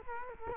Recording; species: mosquito wingbeat signal from an infrared sensor; Culex quinquefasciatus